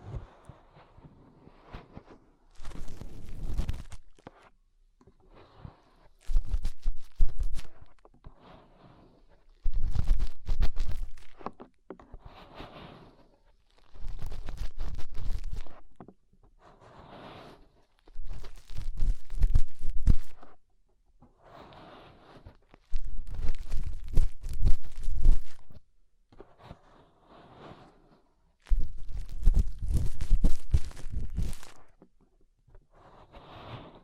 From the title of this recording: Inner Ear Cleaning Using Fingers